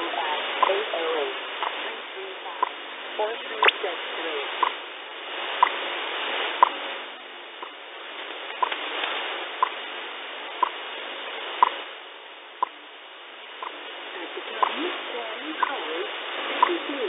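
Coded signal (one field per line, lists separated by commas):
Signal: radio time signal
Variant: WWV/WWVH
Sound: short clicks once per second through steady shortwave hiss, possibly faint voice underneath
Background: radio static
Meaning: Each tick marks one second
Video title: 10000KHZ WWVH and WWV 2022 /05 /16 19:50JST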